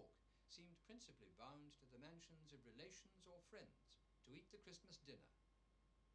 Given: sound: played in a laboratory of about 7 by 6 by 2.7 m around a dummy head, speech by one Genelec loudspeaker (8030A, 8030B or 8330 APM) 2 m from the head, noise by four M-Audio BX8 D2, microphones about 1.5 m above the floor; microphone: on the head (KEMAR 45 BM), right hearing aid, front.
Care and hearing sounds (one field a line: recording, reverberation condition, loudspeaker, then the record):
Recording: male speech in English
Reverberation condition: low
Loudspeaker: 30 degrees to the right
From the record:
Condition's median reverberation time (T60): about 310 ms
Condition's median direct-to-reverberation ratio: about 3.5 dB